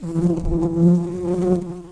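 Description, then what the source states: Red-tailed bumblebee buzzing in a steady, low droning hum that wavers slightly in loudness throughout. Worker bees.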